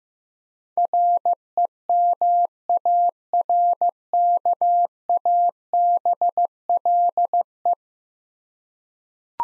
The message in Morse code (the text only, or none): REMARKABLE